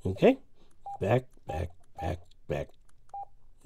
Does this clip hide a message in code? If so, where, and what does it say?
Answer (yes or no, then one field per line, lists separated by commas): no